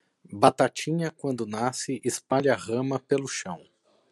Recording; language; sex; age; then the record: short text; Brazilian Portuguese; male; 40 to 49 years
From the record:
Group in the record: control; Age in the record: 45 years